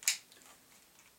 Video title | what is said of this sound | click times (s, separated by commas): TSD Tactical 1911 CO2 NBB Airsoft Pistol Review | just when you put it in make sure you push it up all the way listen for that click | 0.1 s